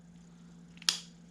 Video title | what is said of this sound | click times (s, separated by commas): Push Mower with a Stuck Float | you go yeah she snaps right in | 0.8 s, 0.9 s